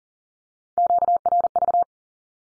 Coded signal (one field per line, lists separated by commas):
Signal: Morse code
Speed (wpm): 38 wpm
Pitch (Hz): 700 Hz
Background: none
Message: QRV